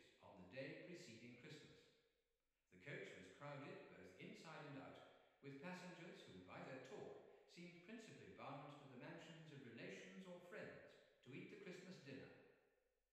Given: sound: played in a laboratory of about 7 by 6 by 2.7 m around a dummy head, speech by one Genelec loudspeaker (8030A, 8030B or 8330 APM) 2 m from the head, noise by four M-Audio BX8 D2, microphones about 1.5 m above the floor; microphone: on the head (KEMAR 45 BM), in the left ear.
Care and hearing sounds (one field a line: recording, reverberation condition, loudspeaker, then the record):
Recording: male speech in English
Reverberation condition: high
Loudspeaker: behind (180 degrees)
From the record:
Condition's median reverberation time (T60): about 1300 ms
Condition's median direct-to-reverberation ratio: about -4.0 dB